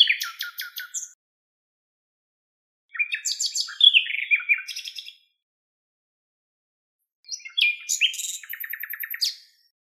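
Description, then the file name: Common nightingale singing three separate phrases with long pauses between them, mixing rapid trills with varied notes. "Luscinia megarhynchos"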